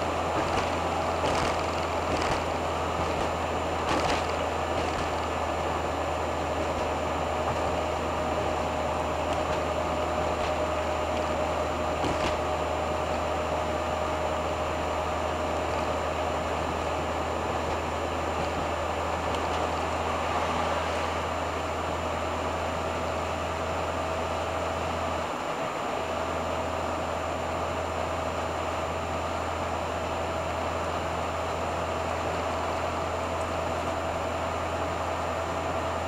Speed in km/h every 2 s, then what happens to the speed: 73, 72, 72, 71, 70, 70, 71, 71, 72, 72, 73, 74, 74, 74, 74, 74, 75, 75.
0-36 steady at about 72.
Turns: none.